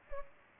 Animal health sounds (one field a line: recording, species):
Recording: mosquito wingbeat signal from an infrared sensor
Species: Anopheles gambiae